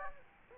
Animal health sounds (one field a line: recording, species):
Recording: mosquito wingbeat signal from an infrared sensor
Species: Aedes aegypti